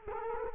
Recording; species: mosquito wingbeat signal from an infrared sensor; Culex quinquefasciatus